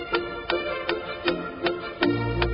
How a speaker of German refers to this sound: Es tickt bei Professor van Dusen.